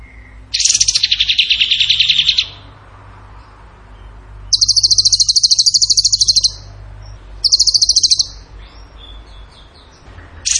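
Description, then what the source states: Bird song of fast, buzzy trills in bursts. The first is lower and fuller, and the later ones are higher and sharper, with quiet gaps between. Masteran (training recording for songbirds), in the tembakan gacor song style.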